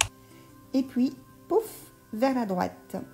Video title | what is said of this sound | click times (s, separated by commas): 9 astuces machine à coudre pour les débutants à regarder tout tranquillou | tournes ta canette dans le sens des aiguilles d'une monte tu vas entendre un clic et | 0.0 s